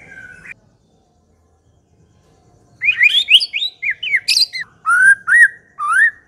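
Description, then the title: White-rumped shama song: a brief whistled note, a pause, then a lively string of slurred whistles and a harsh high burst, with rising looped notes. Lure sound used to attract an aggressive white-rumped shama. "Pancingan Murai Batu Galak"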